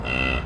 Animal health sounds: contact call of a hoofed animal; cattle; low-frequency (closed-mouth) or high-frequency (open-mouth) call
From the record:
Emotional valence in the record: negative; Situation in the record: full separation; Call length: 0.45 s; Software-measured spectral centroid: 2010 Hz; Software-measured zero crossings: 2740 a second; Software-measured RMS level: -24 dBFS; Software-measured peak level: -10 dBFS

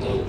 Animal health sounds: contact call of a hoofed animal; pig; closed-mouth grunt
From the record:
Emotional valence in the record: positive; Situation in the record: food and toys in familiar pen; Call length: 0.29 s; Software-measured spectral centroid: 1480 Hz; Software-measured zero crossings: 980 a second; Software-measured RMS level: -25 dBFS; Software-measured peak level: -13 dBFS

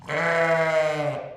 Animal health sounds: contact call of a hoofed animal; sheep; low-frequency (closed-mouth) or high-frequency (open-mouth) call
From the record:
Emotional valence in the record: negative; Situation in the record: short social isolation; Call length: 1.37 s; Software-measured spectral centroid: 1810 Hz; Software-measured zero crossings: 1900 a second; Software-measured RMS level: -23 dBFS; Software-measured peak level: -10 dBFS

